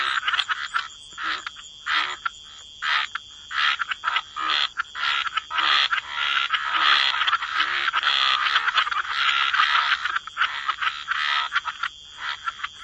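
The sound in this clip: A frog chorus of rapid raspy croaks, choppy at first and then swelling into a denser, nearly continuous rattling mass of overlapping calls.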